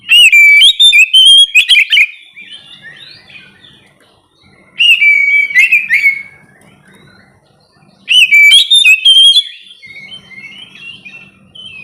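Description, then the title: Oriental magpie-robin giving three loud bursts of sweet whistled and twittering phrases, each followed by softer warbling. "kacer"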